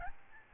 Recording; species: mosquito wingbeat signal from an infrared sensor; Aedes albopictus